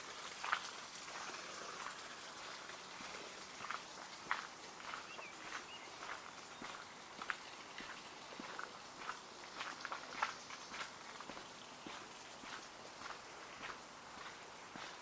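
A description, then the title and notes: Footsteps crunch steadily along a path in an arboretum, fairly regular across the whole stretch, with a few sharper snaps near the start and around ten seconds. A soft, even outdoor hiss sits underneath, with brief faint chirps here and there. Hoyt Arboretum in Portland Oregon. A field recording only.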